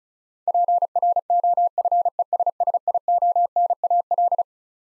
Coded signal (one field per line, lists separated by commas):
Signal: Morse code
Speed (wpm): 36 wpm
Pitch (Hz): 700 Hz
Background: none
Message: PROFESSIONAL